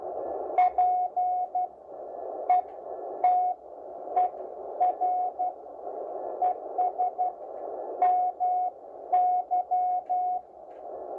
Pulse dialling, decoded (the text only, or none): none